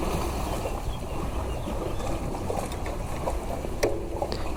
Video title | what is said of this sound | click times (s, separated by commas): Simple Solution To The Rebel 1100’s WORST Problem! | you hear that little click and as you could tell it definitely has a lot of rotation before it does click | 3.8 s